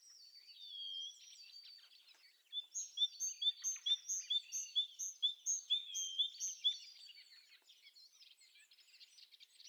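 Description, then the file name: Great tit calls: a busy run of short, high notes, about two each second for about four seconds, with quieter notes before and after. "Parus major"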